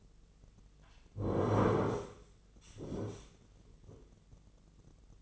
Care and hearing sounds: daily activity, microphone in the room; sit down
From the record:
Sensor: 4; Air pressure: 996.7 hPa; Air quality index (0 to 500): 242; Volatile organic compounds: 355 ppm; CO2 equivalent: 4592 ppm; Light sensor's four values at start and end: 46/112/46/46 and 46/113/46/46

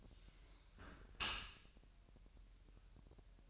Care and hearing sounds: daily activity, microphone in the room; close dishwasher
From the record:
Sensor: 2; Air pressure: 1000.3 hPa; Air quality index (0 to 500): 244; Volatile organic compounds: 87 ppm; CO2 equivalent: 3666 ppm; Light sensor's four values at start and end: 9/21/8/8 and 9/21/8/8

